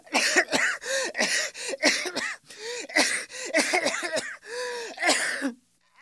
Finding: Coughing man.